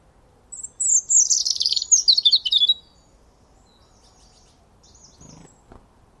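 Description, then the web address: European robin song: one sweet, high-pitched twittering phrase lasting about two seconds that slides gradually downward, then quiet. "Deverinetal 2025 File origin Bird Only Er Ru"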